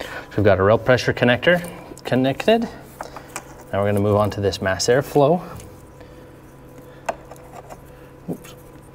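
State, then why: Seated. On a 3.0L Duramax, during installation of an EZX 22712 harness, one end of the harness plug is pushed onto the mass air flow sensor connector while someone talks over the first half of the clip. After the talking stops, the plug clicks in at 7.1 s and is seated, and the keeper is then closed.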